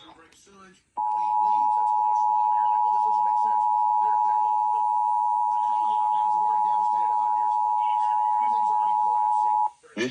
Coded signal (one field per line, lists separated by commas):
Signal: Emergency Alert System (SAME) tones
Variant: 853 and 960 Hz attention tone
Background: speech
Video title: Week of Required Monthly Tests EAS in Washington State(3-8-2021 ~ 3-12-2021)